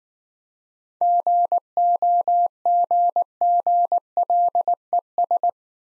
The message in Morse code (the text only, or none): GOGGLES